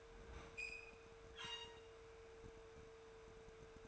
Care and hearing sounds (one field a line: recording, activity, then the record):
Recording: daily activity, microphone in the room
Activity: open fridge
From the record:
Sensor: 2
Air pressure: 1014.8 hPa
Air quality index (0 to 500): 196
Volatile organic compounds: 17 ppm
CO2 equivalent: 2596 ppm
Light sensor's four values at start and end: 18/45/19/21 and 22/54/23/25